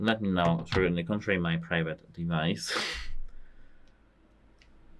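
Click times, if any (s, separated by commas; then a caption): 4.6 s. Someone talks, then a USB-C cable plug is pushed into the charging port of a worn smartphone whose port has not been treated carefully. Only a faint, weak click is heard at 4.6 s. The plug is not held and comes out easily without being pulled on purpose, so it does not lock home.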